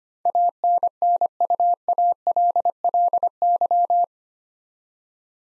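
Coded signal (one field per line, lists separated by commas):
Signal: Morse code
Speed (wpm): 25 wpm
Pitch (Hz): 700 Hz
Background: none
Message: ANNUALLY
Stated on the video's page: Eight-letter words sent in Morse at 25 wpm for head-copy practice, each word sent, then spoken, then sent again.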